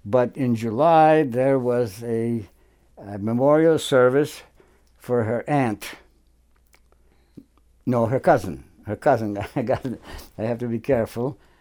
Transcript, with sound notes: But in July there was a—a memorial service for her aunt—no, her cousin. Her cousin. [Chuckles] I—I have to be careful.